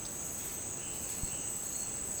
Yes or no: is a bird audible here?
no